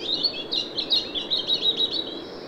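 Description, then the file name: European robin singing a fast, high twittering run of thin notes, steady and unbroken for the whole stretch, over a faint low background hiss. "Erithacus rubecula"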